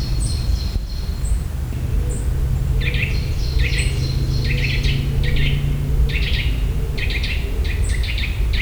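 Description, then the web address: Eurasian nuthatch giving quick, clipped calls in rapid clusters, often doubled. High thin squeaks are scattered above and a constant low rumble runs throughout. Another of the Eurasian nuthatch's calls, in nature in the Visegrád Hills, Hungary. "allathangok termeszetben csuszka masikhangja visegradihegyseg"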